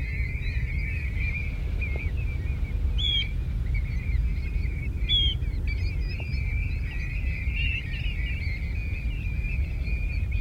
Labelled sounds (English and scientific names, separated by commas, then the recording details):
European Golden Plover (Pluvialis apricaria) call
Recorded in the wild
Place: Schaprode, Insel Rügen, Mecklenburg-Vorpommern, DE
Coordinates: 54.544, 13.146
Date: 1975-09-20
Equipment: Nagra III BH, Sennheiser MD 21, parabola
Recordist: Schubert, Michael
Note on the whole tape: 1000-2000 Goldregenpfeifer in 120m auf dem Acker, Rufe dieses Schwarms